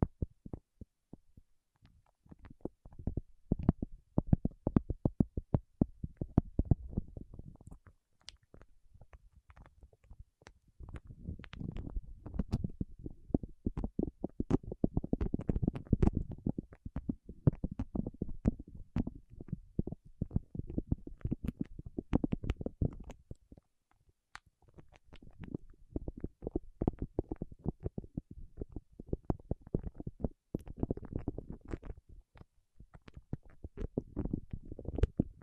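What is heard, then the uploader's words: Fingertips work against wax in dense runs of soft, sticky clicks and squelches, mostly low and thick with a few sharper ticks on top. Activity comes in long bursts, thinning into near silence around eight to ten seconds and again around twenty-four. ASMR with Wax Fingertips for Sleep (No Talking).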